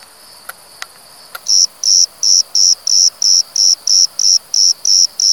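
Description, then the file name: Cricket chirping begins after a few faint clicks, then high-pitched pulses repeat evenly, about three per second, until the end. Southern crickets; recorded 12 July 2021. "20210712 suedliche Grillen"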